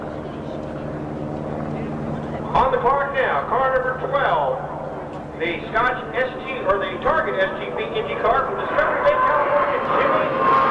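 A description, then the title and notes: At Phoenix International Raceway, a steady low droning hum runs through the whole recording. From about two and a half seconds, a voice talks almost continuously over it, with brief pauses near five and eight seconds. The Sounds of IndyCar, Phoenix 1995. The 1995 CART IndyCar Series event at Phoenix International Raceway. The glorious sounds of the unmistakable 2.65-liter turbocharged V8 engines provide an amazing soundtrack.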